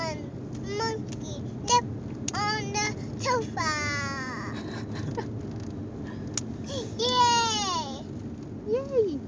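Monkey calls, a series of clear harmonic whistles, some sweeping sharply up then down, others falling, given in irregular bursts over a low background hum.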